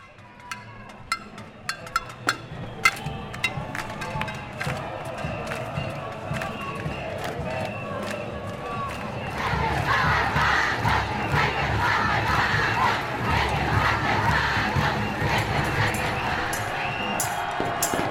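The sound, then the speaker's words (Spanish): A protest crowd shouts and chants in Plaza Dignidad, Santiago, Chile, during the popular revolt known as the estallido social, a dense roar of many voices punctuated early by sharp bangs, then swelling louder about halfway through and staying loud to the end. “Eso era Plaza Dignidad, en Santiago de Chile, el epicentro de lo que se ha llamado el estallido social, una revuelta popular que clamó sin descanso por un cambio en el país.”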